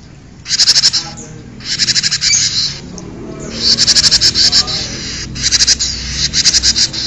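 Bird giving harsh, buzzy chattering bursts of rapid pulsed trills, high-pitched, repeated in several phrases of varying length with short pauses between.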